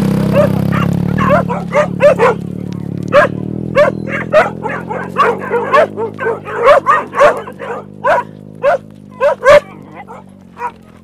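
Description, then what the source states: Dog barks, sharp and spaced, coming in irregular single and double bursts. Several dogs, heard while walking through them on Spetses.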